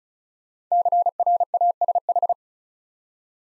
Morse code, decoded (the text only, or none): CRASH